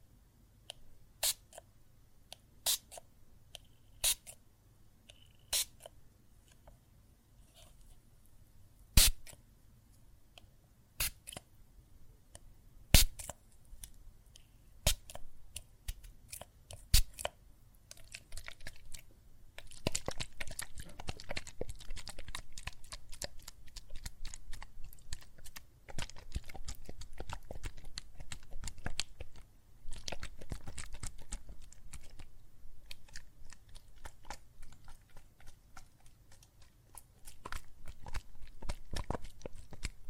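Soap foam and water crackle and pop in sharp, scattered clicks, widely spaced for the first twenty seconds. After that the bubbling thickens into a dense, continuous fizz of tiny pops with brief pauses, while a faint low rumble runs underneath throughout.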